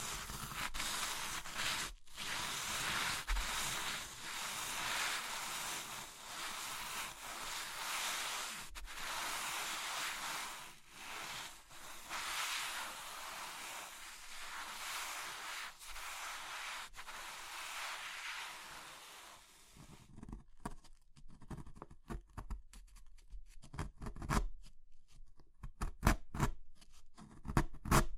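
Crushing of brittle materials like soap, chalk and meringue. For the first twenty seconds a dense, bright crumbling hiss runs steadily, broken by brief gaps. After that it turns into sparse, sharp crunches and snaps, louder and irregular, with quiet between them.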